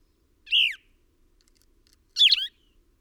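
Bird delivering two chirped phrases, the first a smooth arching note, the second a busier warble, about two seconds apart in quiet surroundings.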